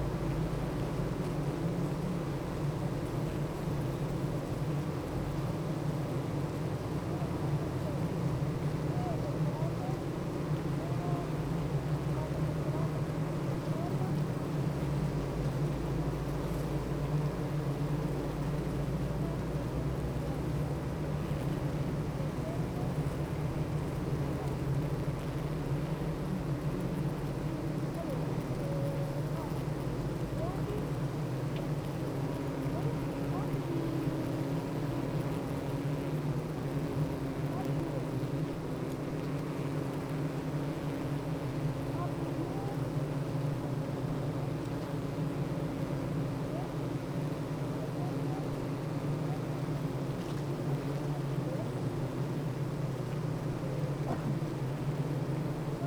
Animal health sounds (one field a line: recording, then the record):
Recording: honeybee colony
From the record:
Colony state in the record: active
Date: 28 July 2017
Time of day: 8:20